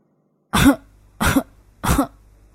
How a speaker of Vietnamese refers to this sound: Tiếng ho khan của … ngày càng trở nên to và nặng hơn.